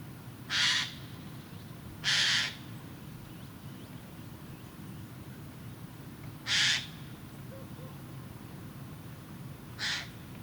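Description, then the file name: Eurasian jay giving four harsh, rasping screeches spaced irregularly over ten seconds, with a steady low background hum. "Garrulus glandarius"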